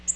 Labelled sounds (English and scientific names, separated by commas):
Nashville Warbler (Leiothlypis ruficapilla) flight call